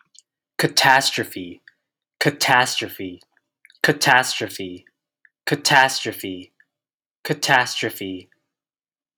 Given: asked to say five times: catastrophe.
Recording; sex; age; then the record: repeated word; male; 20 to 29 years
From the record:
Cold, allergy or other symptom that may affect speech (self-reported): no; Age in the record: 28 years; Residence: California, United States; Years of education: 16